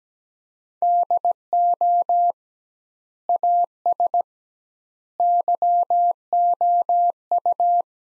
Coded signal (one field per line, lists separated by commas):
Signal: Morse code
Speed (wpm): 17 wpm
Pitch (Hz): 700 Hz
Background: none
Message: DO AS YOU